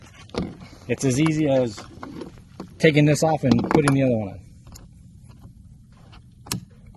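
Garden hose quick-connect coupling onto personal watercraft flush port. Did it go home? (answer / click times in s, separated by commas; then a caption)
yes / 6.5 s. A garden-hose quick-connect coupling is pushed onto the flush port of a 2024 Sea-Doo Fish Pro Trophy jet ski after a cap is removed. Someone talks, with a few small handling clicks and taps. The coupling then snaps onto the port with a sharp double click at 6.5 and 6.5 seconds, seated and ready for the water to be turned on.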